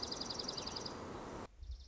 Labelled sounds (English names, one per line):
Dark-eyed Junco